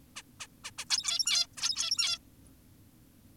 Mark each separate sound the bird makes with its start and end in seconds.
0.16-0.22, 0.40-0.47, 0.64-0.71, 0.78-0.85, 0.90-1.47, 1.58-2.18